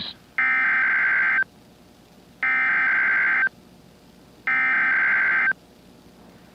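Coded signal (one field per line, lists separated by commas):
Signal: Emergency Alert System (SAME) tones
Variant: header bursts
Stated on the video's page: Required Weekly Test SAME tones received from a NOAA Weather Radio transmitter.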